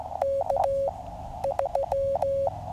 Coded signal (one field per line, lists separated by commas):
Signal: Morse code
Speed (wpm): 16 wpm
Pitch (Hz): 550 Hz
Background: none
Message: K3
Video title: Lightning Delay CW POTA/SOTA | Cheaha Mountain Adventure